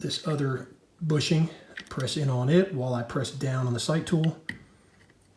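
Someone talks while pressing down on a sight tool and pressing the second bushing of a steel rear diopter sight drum into the rear sight base of a Heckler and Koch MP5. Only speech and faint handling are heard, and nothing has seated or clicked into position yet.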